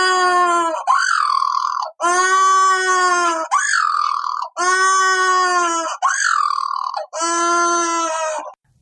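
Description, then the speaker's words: White-flippered penguin display call: loud harmonic braying phrases alternating with shorter rising-then-falling notes, repeated throughout. Male's triumph display call; a penguin that tends to get in many fights. "that sound is part of the triumph display of the male white flippered penguin."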